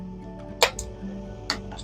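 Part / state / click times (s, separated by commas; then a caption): click-type torque wrench on an aero bar bolt on a bike handlebar / torque reached / 0.6 s. A click-type torque wrench set to 8 Nm tightens an aero bar bolt on a carbon bike handlebar, under steady background music. The wrench gives a sharp click at 0.6 s, showing the bolt has reached its 8 Nm torque. A fainter tick follows at 0.8 s, and another sharp click comes at 1.5 s.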